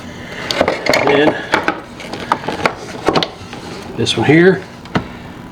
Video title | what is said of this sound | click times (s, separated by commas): How do you change the CCV filter in 2019 RAM 2500 6.7 Cummins? | and again just a nice little pop in place | 4.9 s